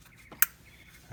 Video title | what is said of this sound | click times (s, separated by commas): How to CHANGE SPARK PLUGS and TUBES in a 1998 Porsche Boxster (Project 7) | Alright snapped into place and we can pull the rubber cover | 0.4 s